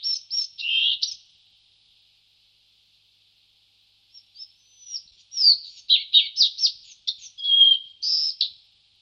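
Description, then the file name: Collared flycatcher song: a short squeaky phrase, a pause of about three seconds, then a longer run of varied high chirps and whistles. "lejsek-bělokrký"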